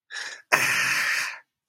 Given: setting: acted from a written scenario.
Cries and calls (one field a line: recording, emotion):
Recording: vocal sound without words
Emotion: distress